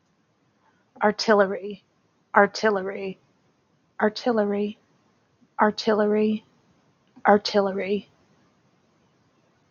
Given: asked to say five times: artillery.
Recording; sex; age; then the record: repeated word; female; 30 to 39 years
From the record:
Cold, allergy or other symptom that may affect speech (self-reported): no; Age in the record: 38 years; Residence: Nevada, United States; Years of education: 12